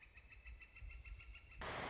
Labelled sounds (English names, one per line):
Northern Flicker